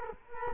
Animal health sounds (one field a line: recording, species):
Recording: mosquito wingbeat signal from an infrared sensor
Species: Culex quinquefasciatus